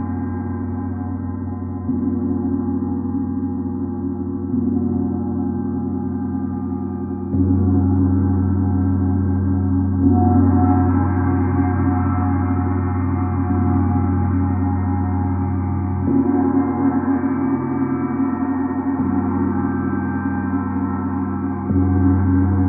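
A gong resonates steadily with a deep, full hum, its tone swelling every few seconds as fresh strikes layer over the lingering ring.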